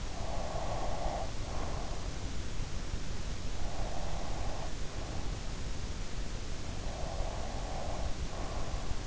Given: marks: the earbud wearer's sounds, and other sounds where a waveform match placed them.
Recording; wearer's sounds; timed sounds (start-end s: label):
sounds in sleep by an in-ear microphone; breath
0.15-2.42 s: breath
3.58-5.29 s: breath
6.68-9.07 s: breath